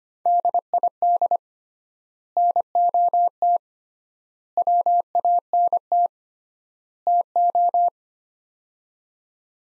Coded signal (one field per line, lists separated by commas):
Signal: Morse code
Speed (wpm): 25 wpm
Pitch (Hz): 700 Hz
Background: none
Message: DID NOT WANT TO